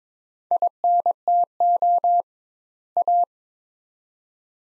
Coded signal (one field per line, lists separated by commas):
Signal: Morse code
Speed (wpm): 22 wpm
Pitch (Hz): 700 Hz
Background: none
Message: INTO A